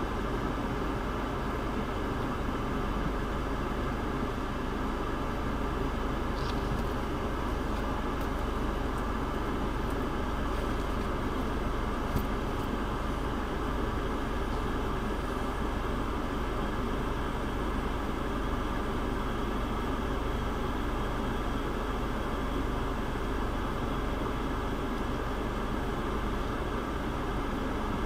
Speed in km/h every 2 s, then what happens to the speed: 6, 0, 0, 0, 0, 0, 0, 0, 0, 0, 0, 0, 0, 0.
1-28 standing.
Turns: none.